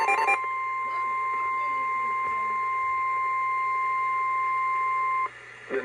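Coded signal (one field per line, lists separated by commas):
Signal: Emergency Alert System (SAME) tones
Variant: 1050 Hz attention tone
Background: speech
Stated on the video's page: Real alerts from severe storms and a winter storm in northern Florida.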